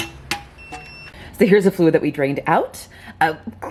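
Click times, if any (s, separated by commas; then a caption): 0.3 s. A torque wrench set to 15 ft-lbs tightens the transmission pan drain plug on a Gen 2 Toyota Tundra, after the plug had been installed hand-tight earlier. A sharp click at 0.3 s marks the wrench reaching its setting, and afterward someone talks.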